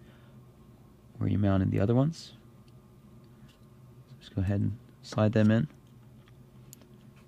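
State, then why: Seated. Terminal pins are slid into a wiring connector housing on the other side, in the same locations as the ones mounted before. Someone talks, and after the talk a sharp click is heard at 6.7 s as the pins seat into the housing.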